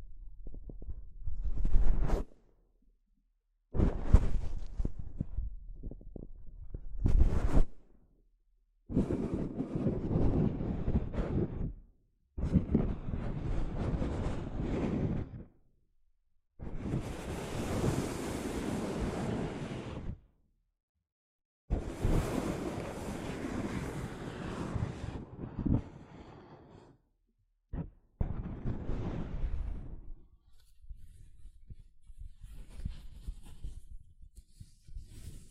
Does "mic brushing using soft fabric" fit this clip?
yes